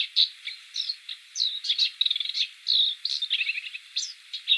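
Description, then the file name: Blyth's reed warbler song, a lively jumble of whistled slurs, short trills and scratchy notes, varied and continuous. "Kamyshovka indijskaja"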